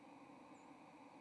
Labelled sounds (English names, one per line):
White-throated Sparrow flight call